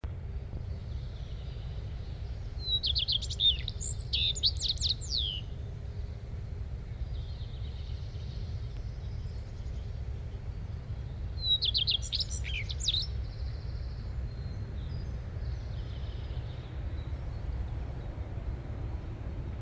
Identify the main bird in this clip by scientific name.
Phoenicurus phoenicurus